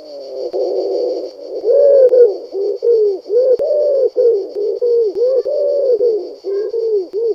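Bird cooing, a series of low, soft coos that swell and fade in quick succession, with a faint steady high tone throughout.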